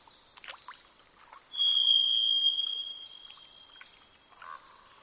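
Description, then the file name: Varied thrush singing a single long, level, faintly buzzy whistle with overtones, lasting over a second, against constant hiss and small clicking sounds. "jh-040427-variedthrush"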